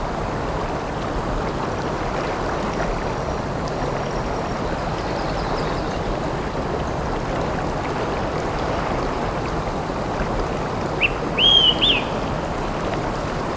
Olive-sided Flycatcher song recorded on the Sun Valley Trail in Rocky Mountain National Park.